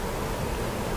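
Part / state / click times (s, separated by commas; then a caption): brake hardware clip into caliper bracket / not seated / none. A metal rear brake hardware clip on a 2005-2010 Jeep Grand Cherokee, which had not popped in, is being pushed into the caliper bracket. Only steady, even broadband noise is heard, with no distinct clicks or sudden sounds. Nothing has seated or clicked yet.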